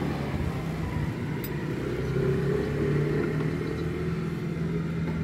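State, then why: Not seated. A front sprocket and its metal retainer lock plate are being fitted onto the output shaft of a Yamaha YTX 125 motorcycle. A steady low rumble with a faint hum runs throughout, and no distinct click or knock stands out. Nothing has seated or clicked yet.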